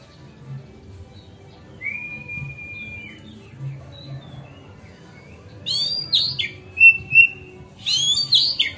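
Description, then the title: Oriental magpie-robin song, a single long level whistle, then a quiet gap before bursts of varied whistles and scratchy notes. Song tutoring (masteran), recorded on a terrace. "Kacer Masteran Teras"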